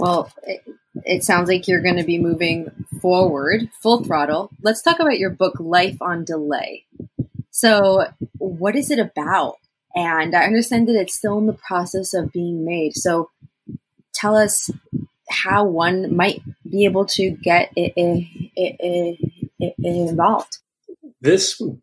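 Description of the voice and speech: An adult woman speaks conversationally, asking about a book, with a few drawn-out words and pauses.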